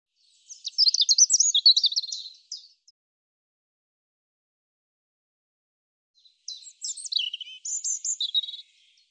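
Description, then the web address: European robin song: two rapid, high phrases of varied notes separated by a long pause, the second with downward slurs. "cianscape birddata Deverinetal 2025 Bird Er Ru"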